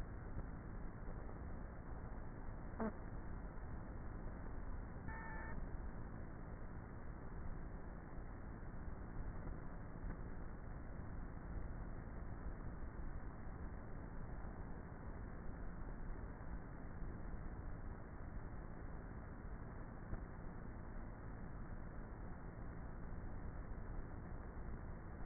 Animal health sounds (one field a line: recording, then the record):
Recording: honeybee colony, microphone inside the hive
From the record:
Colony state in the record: queenless with a low population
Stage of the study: before two queens were removed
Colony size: about 30,000 bees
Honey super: no